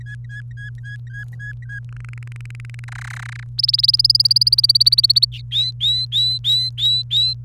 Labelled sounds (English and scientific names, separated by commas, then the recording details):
Domestic Canary (Serinus canaria) song
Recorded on 29 April 2018 at 10:32
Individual llb3